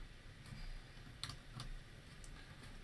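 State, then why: Seated. A plastic Lego part is pressed down onto the studs of a Lego Ideas Tree House (21318) model to engage all of its studs. A sharp plastic click at 1.2 s marks the brick seating, followed by fainter ticks around 1.6 s and 2.2 s. The part is seated with its studs engaged.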